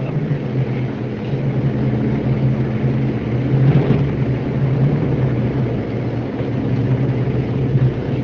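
A steady, low car engine drone hums without pause, with a constant deep tonal rumble and a broad hiss above it. No voices are heard, and the level stays even throughout.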